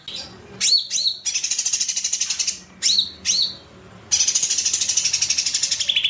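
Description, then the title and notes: Streaked spiderhunter song: sharp whistled notes that dip and rise in pairs, alternating with bursts of rapid buzzy chatter. Bird-training (masteran) song; the bird is gacor, singing continuously, with a clear and long song. "Pijantung Gunung Gacor Jernih Panjang. Masteran burung"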